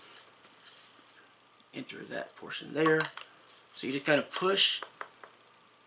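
A massage head attachment is pushed into the socket of a Mirapretty rechargeable adjustable-speed percussion massage gun while someone talks. A single sharp click at 5.0 s marks the head seating solidly in place, with a few faint light taps around it.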